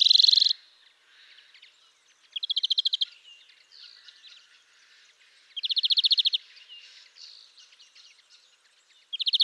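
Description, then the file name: European greenfinch song: a wheezy buzz, then short buzzy trills every few seconds, with quiet twittering notes filling the gaps. "Chloris chloris"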